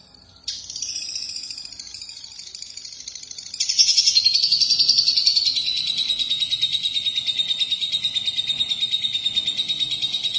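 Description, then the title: Lovebird song: a buzzy trill starts abruptly, then turns louder into a long, rapid, steady rattling trill that continues to the end. "BM Suara Burung Lovebird"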